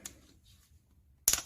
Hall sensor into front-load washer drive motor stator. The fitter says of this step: 톡 소리가 나게 착을 해 주시면 됩니다